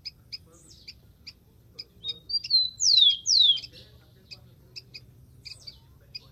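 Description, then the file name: Rufous-collared sparrow song: thin whistles, then two loud downslurred notes midway, amid regular soft high chips. "canto do tico tico"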